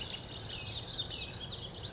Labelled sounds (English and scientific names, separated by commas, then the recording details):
Western Flycatcher (Empidonax difficilis)
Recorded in Sonoma County, California